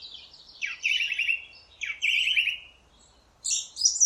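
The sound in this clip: Song Thrush: songbird phrase of a falling, trilled whistle given twice, followed by a higher, brighter note.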